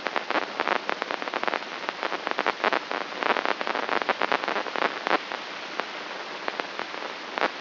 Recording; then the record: brain microelectrode recording played as sound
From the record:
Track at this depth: outside the subthalamic nucleus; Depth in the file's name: 7.828 mm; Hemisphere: left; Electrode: 3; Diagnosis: Parkinson's disease